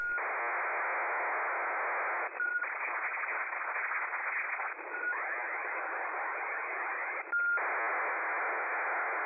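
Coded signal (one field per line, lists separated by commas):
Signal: ACARS aircraft data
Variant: HFDL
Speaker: next is hfdl you'll be able to see the actual decoding of the message using the SDR and Sweden's hfdl decoder take a listen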